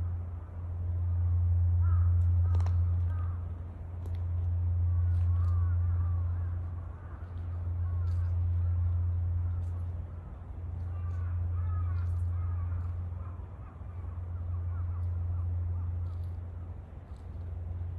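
Morning at a temple opens with a deep, low drone that swells and fades in steady waves about every four seconds, like massed chanting voices. Faint crow caws and scattered small clicks sit behind it throughout.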